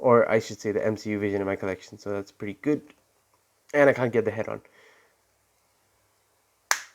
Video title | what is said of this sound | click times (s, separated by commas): Marvel Legends Vision Figure Review | Yeah, there you go. That's a good, satisfying snap. | 6.7 s